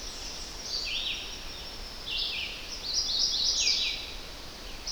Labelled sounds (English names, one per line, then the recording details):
Red-eyed Vireo song
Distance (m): 45 m
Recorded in boreal forest in Alberta, Canada, on 10 June 2016 at 06:02
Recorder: SongMeter 3, array SBT-3-39
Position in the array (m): 205 m, 113 m